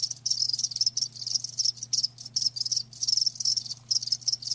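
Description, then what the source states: Cricket chirps: shrill, high trills pulsing in short bursts several times a second, with brief gaps between groups, and a soft constant low hum beneath. Live crickets chirping with a lulling song.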